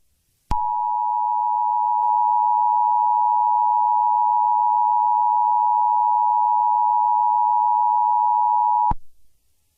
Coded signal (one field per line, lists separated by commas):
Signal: Emergency Alert System (SAME) tones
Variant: 853 and 960 Hz attention tone